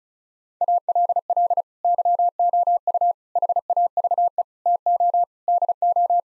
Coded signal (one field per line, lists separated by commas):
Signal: Morse code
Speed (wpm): 36 wpm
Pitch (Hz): 700 Hz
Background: none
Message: ALL YOU HAVE TO DO